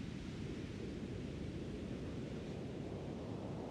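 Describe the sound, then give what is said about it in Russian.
Ocean waves give off a steady, rumbling wash of surf, heavy in the low end and evenly loud throughout, with no distinct breaking crashes and no voices. “Они долгое время смотрят друг на друга под шум волн.”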